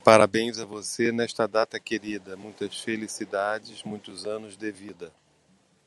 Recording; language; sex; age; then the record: short text; Brazilian Portuguese; male; 60 to 69 years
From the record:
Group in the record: control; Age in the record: 63 years